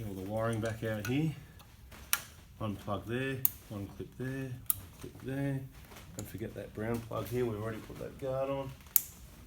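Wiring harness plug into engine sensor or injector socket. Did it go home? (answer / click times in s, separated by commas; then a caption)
yes / 9.0 s. During injector replacement reassembly on a 150 Prado, a brown plastic wiring harness plug is pushed onto its engine sensor or injector socket while someone talks. A short sharp transient occurs at about 2.1 s, and the plug seats with a sharp click at 9.0 s, confirming it is connected.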